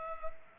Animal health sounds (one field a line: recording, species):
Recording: mosquito wingbeat signal from an infrared sensor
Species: Culex pipiens